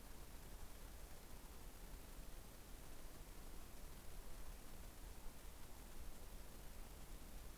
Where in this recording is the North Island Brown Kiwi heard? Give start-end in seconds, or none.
none